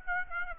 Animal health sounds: mosquito wingbeat signal from an infrared sensor; Aedes aegypti

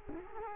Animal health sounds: mosquito wingbeat signal from an infrared sensor; Culex quinquefasciatus

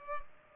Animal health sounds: mosquito wingbeat signal from an infrared sensor; Culex pipiens

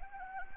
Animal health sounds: mosquito wingbeat signal from an infrared sensor; Anopheles gambiae

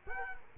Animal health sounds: mosquito wingbeat signal from an infrared sensor; Culex quinquefasciatus

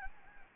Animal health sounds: mosquito wingbeat signal from an infrared sensor; Anopheles gambiae

